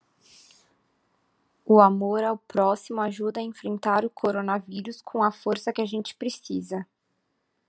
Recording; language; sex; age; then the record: spoken sentence; Brazilian Portuguese; female; 20 to 29 years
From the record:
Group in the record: control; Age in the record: 22 years